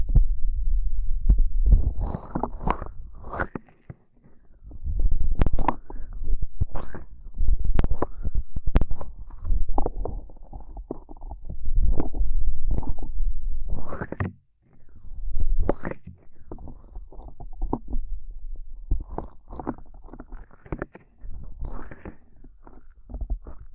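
Ear cupping triggers: a run of muffled, hollow thumps and soft rubbing bursts, each cupping cutting in with a low whoosh and crackly top. The hits come irregularly every second or so, with brief near-silent gaps around 4 and 14 seconds.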